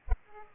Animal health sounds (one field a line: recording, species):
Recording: mosquito wingbeat signal from an infrared sensor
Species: Aedes aegypti